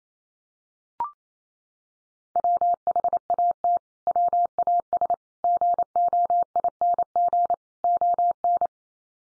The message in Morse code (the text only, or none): WHAT WAS GOING ON